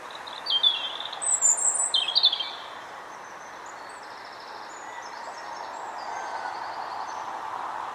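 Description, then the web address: European robin song: two quick high tinkling phrases at the start. After that only faint, high notes over a broad hiss. "SETE Erithacus rubecula"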